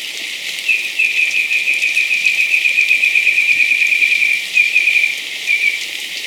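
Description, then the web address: Rufous antpitta call, a long rapid trill of short whistled notes held at one pitch for about five seconds, briefly breaking near the end, over steady background hiss. Recorded in Ecuador. "Birds of Ecuador 2. Rufous Antpitta"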